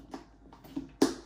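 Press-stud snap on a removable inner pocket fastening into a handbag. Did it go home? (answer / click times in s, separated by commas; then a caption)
yes / 1.0 s. The press-stud snap on a removable inner pocket is squeezed shut as the pocket is pushed back into a handbag. Two faint soft taps come at about 0.1 and 0.5 seconds, followed by a sharp, louder snap at 1.0 seconds as the fastener closes. The snap is fully seated.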